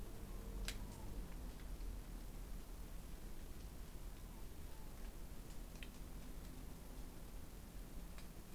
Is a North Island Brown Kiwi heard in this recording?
no